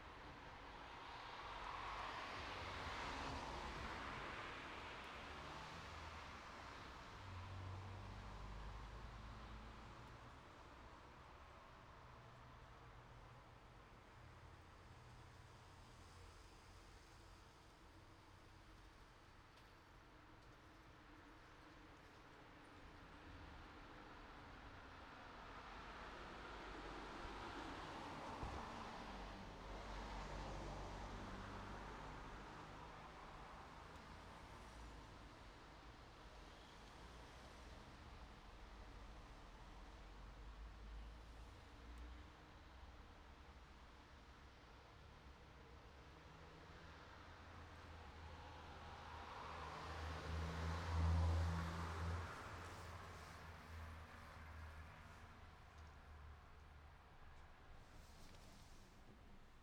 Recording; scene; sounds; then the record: everyday scene through a hearing-aid microphone; in traffic; traffic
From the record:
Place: city secondary road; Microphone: in the ear canal, right